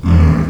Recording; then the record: squeal of a Yucatan mini pig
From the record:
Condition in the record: after surgery on the right vocal fold (resection and tissue-engineered implant); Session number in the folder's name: 16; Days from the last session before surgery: 183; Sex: female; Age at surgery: 19 weeks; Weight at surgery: 25 kg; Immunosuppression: prednisolone